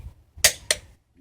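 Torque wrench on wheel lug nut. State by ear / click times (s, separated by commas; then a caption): torque reached / 0.4 s, 0.7 s. A click-type torque wrench set to 65 ft-lb, the spec for this vehicle, tightens a lug nut on a car wheel during a Konig Ultraform wheel install, with the nuts done in a crisscross pattern. Two sharp, bright clicks are heard over a faint low rumble: a loud one at 0.4 s and a shorter, slightly softer one at 0.7 s. The wrench clicks at its setting, confirming the nut is properly torqued before moving to the next one.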